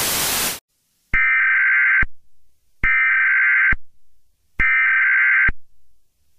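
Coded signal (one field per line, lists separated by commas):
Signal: Emergency Alert System (SAME) tones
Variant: header bursts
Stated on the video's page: A fictional horror EAS scenario about an SCP entity.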